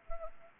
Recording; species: mosquito wingbeat signal from an infrared sensor; Anopheles arabiensis